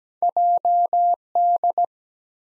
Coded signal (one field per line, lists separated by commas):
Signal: Morse code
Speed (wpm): 17 wpm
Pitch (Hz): 700 Hz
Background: none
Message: JD